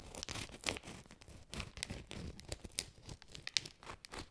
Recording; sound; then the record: sound for misophonia research; knife cutting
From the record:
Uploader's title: cuttingBread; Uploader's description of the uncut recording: I'm cutting bread with a bread knife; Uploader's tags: seed, seeds, edible, food, kitchen, knife, bread, slicing, work, slice, cut, cutting